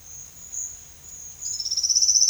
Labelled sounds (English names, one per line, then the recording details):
none
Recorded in secondary vegetation near Puerto Asís, Putumayo, Colombia, on 30 June 2025 at 11:30
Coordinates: 0.498, -76.327
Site GP09